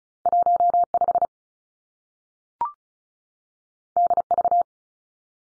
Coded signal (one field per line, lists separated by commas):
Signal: Morse code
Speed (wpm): 36 wpm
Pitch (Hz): 700 Hz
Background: none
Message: 1 5 D V